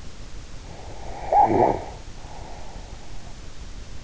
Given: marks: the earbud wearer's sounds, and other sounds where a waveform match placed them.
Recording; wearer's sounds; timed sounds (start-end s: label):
sounds in sleep by an in-ear microphone; snoring breath
0.76-3.22 s: snoring breath